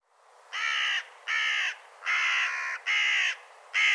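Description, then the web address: Bird calling with five hoarse caws in a steady series, roughly one every three-quarters of a second, loud and grating. "cianscape birddata"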